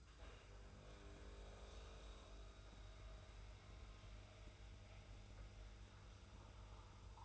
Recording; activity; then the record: daily activity, microphone in the room; make coffee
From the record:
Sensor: 2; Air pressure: 990.7 hPa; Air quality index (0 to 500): 158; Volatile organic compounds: 603 ppm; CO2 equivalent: 4942 ppm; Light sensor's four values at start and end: 26/61/25/25 and 26/61/25/25